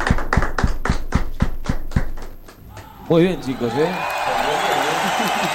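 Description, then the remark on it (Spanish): A run of sharp, evenly spaced claps, roughly ten in steady rhythm, fades out over two seconds, then people begin talking and laughing. “Fuerte el aplauso.”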